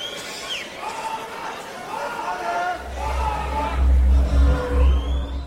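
A concert crowd murmurs and cheers while one fan repeatedly yells the band's name in loud, strained shouts, with a deep rumbling hum joining underneath partway through.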